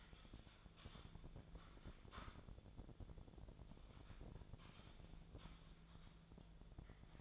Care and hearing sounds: daily activity, microphone in the room; typing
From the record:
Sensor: 5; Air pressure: 1000.3 hPa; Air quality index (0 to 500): 116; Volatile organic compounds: 1 ppm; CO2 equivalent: 928 ppm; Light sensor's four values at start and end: 116/272/117/126 and 116/273/117/126

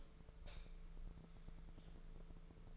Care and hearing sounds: daily activity, microphone in the room; light off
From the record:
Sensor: 5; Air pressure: 1014.8 hPa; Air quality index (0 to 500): 171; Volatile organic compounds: 6 ppm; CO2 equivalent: 1880 ppm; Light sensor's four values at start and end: 56/135/55/57 and 56/134/54/56

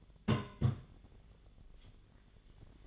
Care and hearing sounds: daily activity, microphone in the room; place on stove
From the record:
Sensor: 4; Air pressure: 1010.8 hPa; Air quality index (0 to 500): 166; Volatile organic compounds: 4 ppm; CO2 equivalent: 1692 ppm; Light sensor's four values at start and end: 40/114/46/47 and 40/114/46/47

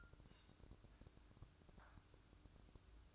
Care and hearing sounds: daily activity, microphone in the room; take from stove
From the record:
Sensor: 2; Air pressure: 1007.8 hPa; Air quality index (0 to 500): 104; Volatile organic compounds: 1 ppm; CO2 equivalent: 782 ppm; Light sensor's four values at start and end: 6/15/6/6 and 6/15/6/6

